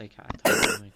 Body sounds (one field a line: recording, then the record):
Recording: coughing mixed with background sound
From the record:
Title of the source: 30 Chesty and wet cough